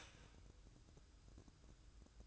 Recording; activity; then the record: daily activity, microphone in the room; start toaster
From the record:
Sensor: 2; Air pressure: 1007.0 hPa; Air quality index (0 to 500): 41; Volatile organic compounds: 1 ppm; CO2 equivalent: 545 ppm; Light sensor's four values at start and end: 6/14/5/6 and 6/14/5/6